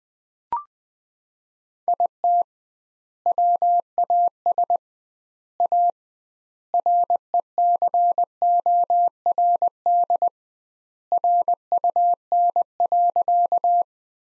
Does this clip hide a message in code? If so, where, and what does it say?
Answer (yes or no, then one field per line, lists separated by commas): yes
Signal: Morse code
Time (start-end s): 1.9-13.8 s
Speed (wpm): 20 wpm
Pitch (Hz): 700 Hz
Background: none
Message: IT WAS A RECORD RUN.